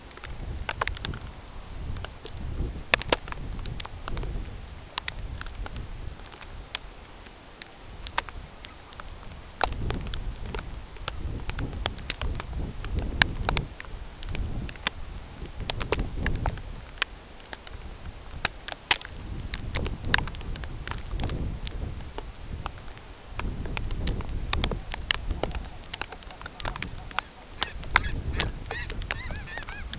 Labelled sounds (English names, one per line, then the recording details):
unidentified sound
King Eider
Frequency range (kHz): King Eider 0.2-1.6 kHz
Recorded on Arctic tundra, site CORI-1, on 16 June 2018
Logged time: 18:00